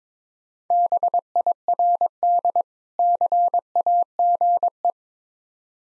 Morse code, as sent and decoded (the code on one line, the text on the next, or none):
-... .. .-. -.. / -.-. .- --. .
BIRD CAGE